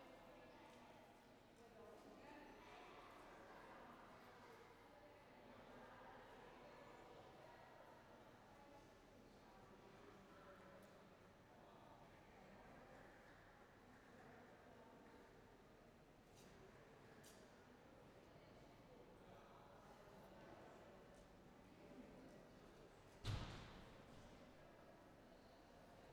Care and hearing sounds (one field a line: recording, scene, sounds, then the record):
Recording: everyday scene through a hearing-aid microphone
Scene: reverberant space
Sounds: background noise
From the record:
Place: railway station hall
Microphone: behind the ear, right, front